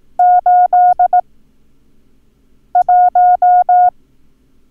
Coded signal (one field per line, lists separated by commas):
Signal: Morse code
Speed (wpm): 18 wpm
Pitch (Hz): 720 Hz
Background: none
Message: 81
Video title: Learn Morse Code - Numbers - Lesson 4